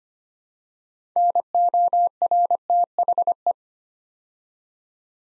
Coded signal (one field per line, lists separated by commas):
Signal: Morse code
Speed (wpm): 25 wpm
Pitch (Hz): 700 Hz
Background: none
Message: NORTHE